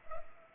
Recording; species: mosquito wingbeat signal from an infrared sensor; Culex pipiens